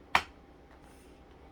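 The plastic clips of a part on a Hoover Elite II vacuum (U4617-920) are pressed into the vacuum body, giving one sharp, bright snap at 0.2 s. The clips seat with that single click, and only quiet background remains afterward.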